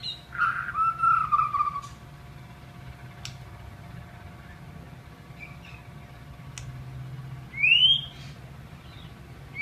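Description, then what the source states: White-rumped shama song: a brief run of warbling whistled notes at the start, then a lone rising whistle near the end, with scattered faint clicks over a low hum. Masteran, a training song.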